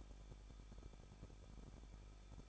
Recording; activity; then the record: daily activity, microphone in the room; no activity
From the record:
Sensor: 5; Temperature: 20.9 degrees Celsius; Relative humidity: 38.2%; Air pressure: 1006.4 hPa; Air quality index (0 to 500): 187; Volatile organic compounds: 18 ppm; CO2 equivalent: 2629 ppm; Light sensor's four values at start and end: 2/3/1/1 and 2/3/1/1